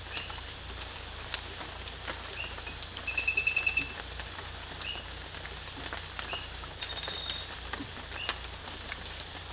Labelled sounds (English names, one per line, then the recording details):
none
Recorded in dense forest near Puerto Asís, Putumayo, Colombia, on 18 December 2024 at 01:00
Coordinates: 0.484, -76.317
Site G026